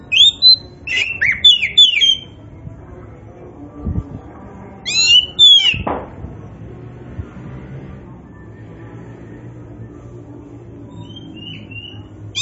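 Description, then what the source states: Oriental magpie-robin singing varied whistled phrases in two bursts, with a couple of dull thumps, then a quiet tail. Indonesian name kacer poci; gacor, describing a bird that sings actively and persistently.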